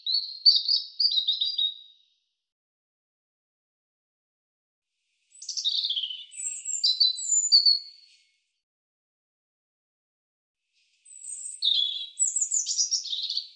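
European robin singing three separate high phrases of twittering notes, each about two to three seconds, with quiet gaps of about three seconds between them.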